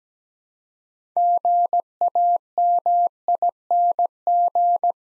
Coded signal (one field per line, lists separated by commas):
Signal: Morse code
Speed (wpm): 17 wpm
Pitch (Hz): 700 Hz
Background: none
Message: GAMING